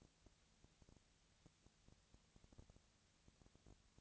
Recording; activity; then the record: daily activity, microphone in the room; no activity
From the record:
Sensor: 3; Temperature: 20.6 degrees Celsius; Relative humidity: 35.7%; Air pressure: 998.8 hPa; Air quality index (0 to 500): 235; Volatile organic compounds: 71 ppm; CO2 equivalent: 3524 ppm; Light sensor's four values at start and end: 2/3/2/2 and 2/3/2/2